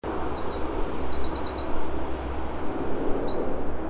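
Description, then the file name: Eurasian wren sound: rapid series of very high, thin, clipped notes and short trills over a steady low rumble of background noise. "Troglodytes troglodytes"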